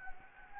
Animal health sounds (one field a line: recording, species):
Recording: mosquito wingbeat signal from an infrared sensor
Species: Anopheles gambiae